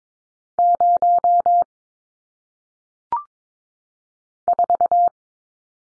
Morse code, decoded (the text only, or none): 0 4